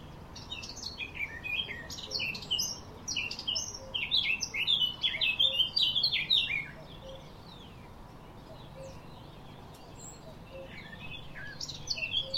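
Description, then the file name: Eurasian blackcap song: a long burst of hurried warbling notes for about six seconds, then a pause and a fresh phrase starting near the end. "Sylvia atricapilla"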